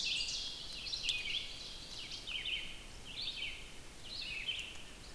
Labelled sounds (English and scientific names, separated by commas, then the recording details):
Red-eyed Vireo (Vireo olivaceus) song
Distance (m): 40 m
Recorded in boreal forest in Alberta, Canada, on 5 June 2016 at 05:34
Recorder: SongMeter 3, array SBT-3-51
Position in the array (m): 149 m, 78 m